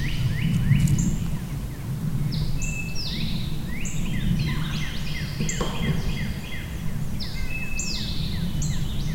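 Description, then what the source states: Dense bird chorus of overlapping downslurred chirps, whistled phrases and thin high notes, running throughout above a continuous low rumble. Birds recorded at Shawnee.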